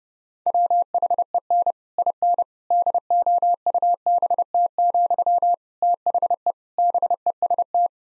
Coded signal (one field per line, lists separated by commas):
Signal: Morse code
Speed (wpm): 30 wpm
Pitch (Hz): 700 Hz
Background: none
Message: WHEN IN DOUBT, THE BEST